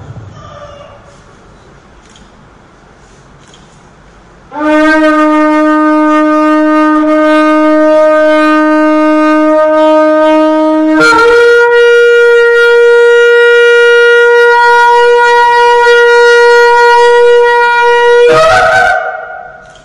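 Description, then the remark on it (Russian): After a few quiet seconds, a long shofar blast (tekiah gedolah) sounds at Rosh Hashanah: a loud, buzzy horn tone held about fourteen seconds, as long as the blower's breath lasts, stepping up to a higher pitch midway and ending with a brief upward flourish. “Я каждый раз, когда делаю, мне кажется, у меня сейчас душа через этот шофар вылетит.”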